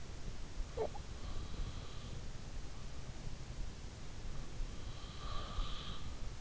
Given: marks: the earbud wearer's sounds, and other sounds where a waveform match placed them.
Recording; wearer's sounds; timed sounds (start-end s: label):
sounds in sleep by an in-ear microphone; snoring breath, breath
0.61-1.02 s: snoring breath
5.11-6.02 s: breath